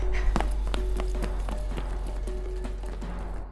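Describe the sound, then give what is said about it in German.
Rapid, uneven footfalls of people running, sharp thuds overlapping in a quick irregular rhythm over a steady low rumble, with no voices. “Beim Rennen fühlte sich alles an wie in Zeitlupe.”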